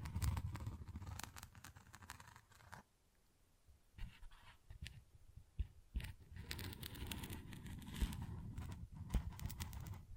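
Tapping and scratching come in dense, rapid clusters of crisp clicks with a soft low thump underneath. A busy first stretch gives way to near silence around three seconds, then scattered single taps, before the fast scratchy tapping returns for the last few seconds.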